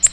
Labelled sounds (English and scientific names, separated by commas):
Nashville Warbler (Leiothlypis ruficapilla) flight call